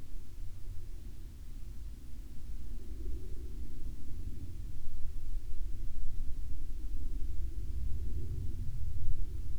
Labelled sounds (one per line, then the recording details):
near silence
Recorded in the Arctic National Wildlife Refuge, Alaska, on 31 July 2019 at 15:55
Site 40